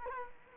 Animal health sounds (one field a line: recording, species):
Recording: mosquito wingbeat signal from an infrared sensor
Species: Culex quinquefasciatus